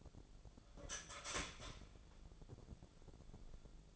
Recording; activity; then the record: daily activity, microphone in the room; start toaster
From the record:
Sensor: 5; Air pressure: 1000.3 hPa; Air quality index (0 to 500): 132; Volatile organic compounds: 2 ppm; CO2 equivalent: 1040 ppm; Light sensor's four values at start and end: 74/173/73/78 and 73/171/72/77